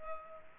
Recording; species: mosquito wingbeat signal from an infrared sensor; Culex pipiens